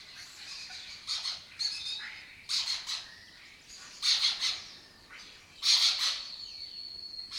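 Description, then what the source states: Lesser kestrel call, grating chattering bursts at irregular intervals, ending in a drawn-out thin note. Breeding colony in an abandoned building complex in Doñana, southern Europe; migratory raptor that forages in West Africa and breeds in southern Europe.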